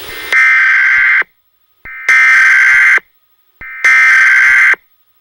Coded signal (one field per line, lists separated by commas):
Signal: Emergency Alert System (SAME) tones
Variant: header bursts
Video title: United States EAS alarm.